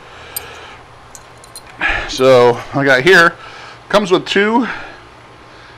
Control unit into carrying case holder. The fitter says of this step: and having any issues so it actually just fits right in there and locks into place